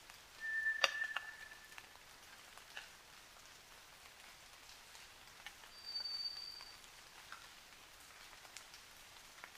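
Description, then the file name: White's thrush song: a thin, steady mid-pitched whistle, then after a pause a higher whistled note, against a patter of dripping rain. At night, 29 June 2009, 23:14. "toratugumi-20090629-2314"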